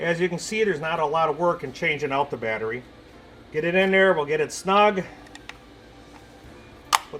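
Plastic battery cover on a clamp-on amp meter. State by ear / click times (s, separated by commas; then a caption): seated / 7.0 s. Someone talks while a new battery goes into a Snap-on 400 amp clamp-on meter, then the plastic battery cover is pressed back on. After a quiet stretch, a sharp, loud snap at 7.0 s marks the cover seating into place.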